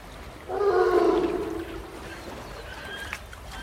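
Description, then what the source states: Sea lion giving a loud, low, rasping bellow with layered harmonics for about a second and a half, then quieter background hiss and a brief faint high call. Recorded alongside sub-Antarctic gulls.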